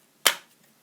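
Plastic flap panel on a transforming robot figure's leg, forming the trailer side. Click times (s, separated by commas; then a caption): 0.3 s. On a Takara Tomy MP-22 Masterpiece Ultra Magnus transforming robot figure, the fold-down plastic flap under the leg is rotated round until it clicks into place to form the side of the trailer. A single sharp, bright click at 0.3 s decays quickly, followed by faint small handling sounds and a brief tick at the very end. The side panel is seated.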